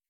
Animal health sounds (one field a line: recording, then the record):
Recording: hydrophone in a shrimp aquaculture tank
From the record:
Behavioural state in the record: feeding